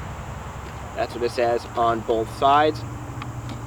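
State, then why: Seated. Someone talks while the cocking lever on a Daisy Red Ryder BB rifle is pulled through its stroke over a steady low hum. A single sharp click at 3.2 s marks the lever locking into place and cocking the rifle, one click rather than the seven the instructions describe.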